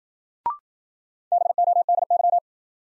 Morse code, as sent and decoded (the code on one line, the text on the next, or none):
-... --- -.. -.--
BODY